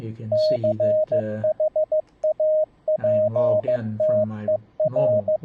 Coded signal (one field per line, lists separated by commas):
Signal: Morse code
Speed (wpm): 15 wpm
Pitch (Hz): 620 Hz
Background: speech, radio noise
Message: CHAPTER